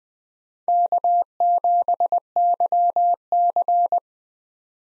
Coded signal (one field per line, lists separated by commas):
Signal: Morse code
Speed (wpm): 20 wpm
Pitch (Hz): 700 Hz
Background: none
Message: K7YC